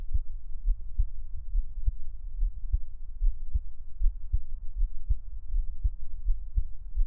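Steady, regular low heartbeat thumps at about 75 beats a minute over a faint low hum.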